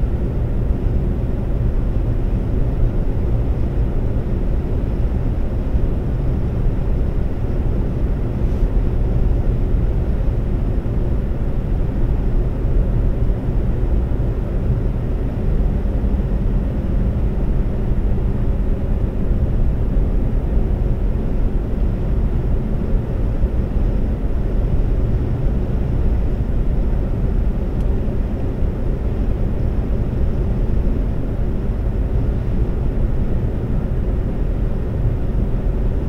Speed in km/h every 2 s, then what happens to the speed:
134, 134, 134, 134, 134, 134, 134, 135, 134, 134, 134, 134, 134, 134, 134, 134, 134, 134.
0-36 steady at about 134.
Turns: none.